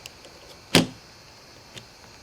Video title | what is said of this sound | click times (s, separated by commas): 1995 Ford Crown Victoria Gets a State Inspection | So that it locks in place, and then you just close the cap. | 0.8 s